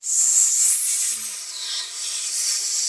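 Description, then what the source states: Snake hissing: a steady, airy, high-pitched hiss sustained for about three seconds, easing slightly in the middle before swelling again, with no other clear sounds. Hiss paired with slithering.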